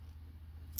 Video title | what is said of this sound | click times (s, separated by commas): transformers studio series: transformers one megatron figure review! | oh yeah his knees lock into place when you have them bent all the way up | 0.8 s